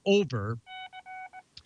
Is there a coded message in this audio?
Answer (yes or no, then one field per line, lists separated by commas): no